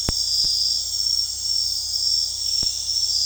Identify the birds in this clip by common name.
none